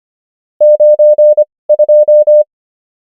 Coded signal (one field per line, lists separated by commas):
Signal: Morse code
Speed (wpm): 25 wpm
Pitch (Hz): 600 Hz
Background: none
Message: 92